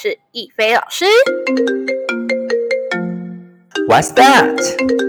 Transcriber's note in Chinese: 手機鈴聲